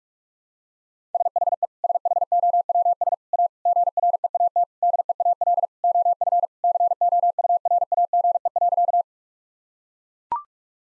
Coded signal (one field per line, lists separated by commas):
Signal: Morse code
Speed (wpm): 41 wpm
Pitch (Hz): 700 Hz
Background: none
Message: SHE SHOWS A GREAT DEAL OF COURAGE.